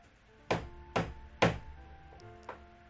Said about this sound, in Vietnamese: Tiếng gõ cửa mạnh hơn một chút, tiếng gọi của cô cũng to hơn một chút.